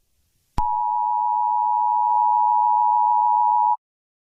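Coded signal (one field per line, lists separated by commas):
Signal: Emergency Alert System (SAME) tones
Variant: 853 and 960 Hz attention tone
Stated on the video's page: Fictional EAS scenario.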